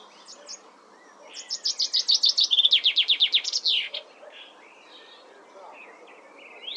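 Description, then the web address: Common chaffinch delivering one song, a fast descending series of sharp notes ending in a flourish, with quiet chirps and twitters from other birds around it. "Deverinetal"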